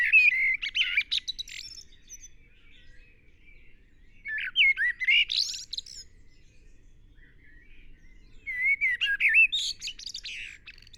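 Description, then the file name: Common blackbird singing three phrases spaced several seconds apart, each mixing mellow whistled notes with high, squeaky twittering. "Turdus merula"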